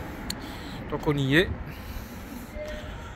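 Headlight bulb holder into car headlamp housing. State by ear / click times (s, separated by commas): seated / 0.3 s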